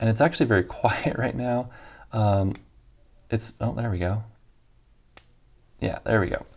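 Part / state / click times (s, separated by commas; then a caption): fountain pen cap onto pen barrel / seated / 5.2 s. Someone talks while a Pilot fountain pen's snap cap is pushed onto the barrel; it meets friction early, slides on smoothly, then clicks home. A single very quiet, sharp click is heard at 5.2 s as the cap seats, and then someone talks again.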